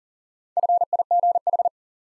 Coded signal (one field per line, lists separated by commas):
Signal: Morse code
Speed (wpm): 40 wpm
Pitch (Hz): 700 Hz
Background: none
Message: FIGH